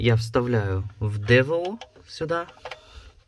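Someone talks while one end of a LAN cable with a plastic RJ45 plug is handled at the Ethernet port of a Devolo Magic powerline adapter. Faint handling ticks come right at the end, around 3.3 s, but nothing has seated or clicked yet.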